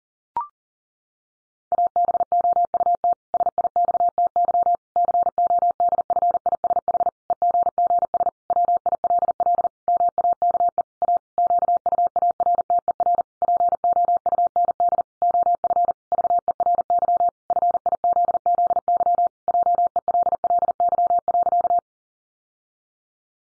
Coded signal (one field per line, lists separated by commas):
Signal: Morse code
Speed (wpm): 37 wpm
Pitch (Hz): 700 Hz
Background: none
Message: ABOUT SIXTY CODFISH EGGS WILL MAKE A QUARTER POUND OF VERY FIZZY JELLY.